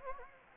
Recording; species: mosquito wingbeat signal from an infrared sensor; Anopheles gambiae